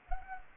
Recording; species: mosquito wingbeat signal from an infrared sensor; Anopheles gambiae